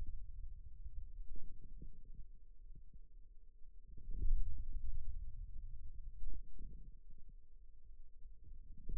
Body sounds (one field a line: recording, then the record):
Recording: forearm muscle sounds (acoustic myography)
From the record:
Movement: ulnar deviation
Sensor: system 2, bracelet of six BSWA MPA416 microphones around the upper forearm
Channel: 5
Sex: male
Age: 22 years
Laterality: right